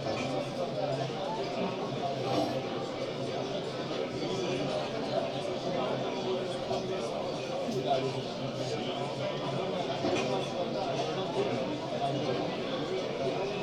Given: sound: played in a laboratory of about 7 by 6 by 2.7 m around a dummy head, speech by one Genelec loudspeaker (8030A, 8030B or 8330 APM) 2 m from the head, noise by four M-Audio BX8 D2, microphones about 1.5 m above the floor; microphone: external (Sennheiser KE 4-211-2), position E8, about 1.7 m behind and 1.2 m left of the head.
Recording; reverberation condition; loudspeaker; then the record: cafeteria noise; low; four, about 170 cm from the corners of the room and facing them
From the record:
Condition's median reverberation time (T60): about 310 ms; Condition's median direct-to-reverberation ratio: about 3.5 dB